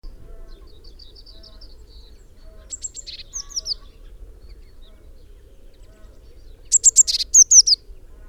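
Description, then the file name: Eurasian blue tit giving faint thin high notes, then a harsh churr and sharp downslurred calls, ending in a loud burst of churring and high notes. "Cyanistes caeruleus"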